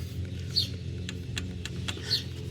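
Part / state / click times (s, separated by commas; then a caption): click-type torque wrench on a bolt in the engine bay / torque reached / 1.4 s. A click-type torque wrench tightens a bolt in the belt tensioner area of a truck engine bay. A steady low hum runs under a few short ticks and sharp clicks, and the wrench clicks at its setting at 1.4 s, confirmed at 20 foot-pounds.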